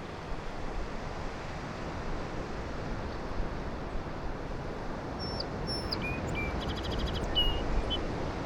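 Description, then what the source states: Song sparrow song, a quick phrase of sharp whistled notes and a rattling trill, heard late over a constant roar of waves. On Low Island; song sounded different from local town sparrows; distant surf throughout; very light breeze with a little wind noise; handheld Sony PCM-M10.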